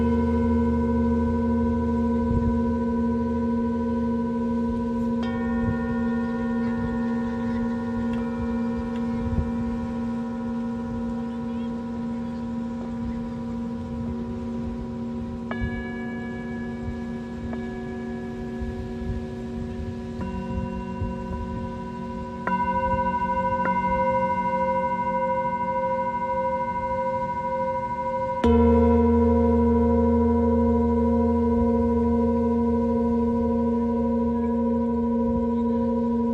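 Singing bowls ring in long sustained overlapping tones, struck anew around 5, 15, 20 and 28 seconds, over a low rumbling background.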